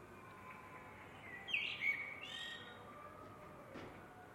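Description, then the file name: Eurasian blackbird song: a single brief, soft, warbled phrase with a scratchy high ending, set against a hissy background. "MERLES"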